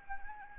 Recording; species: mosquito wingbeat signal from an infrared sensor; Anopheles arabiensis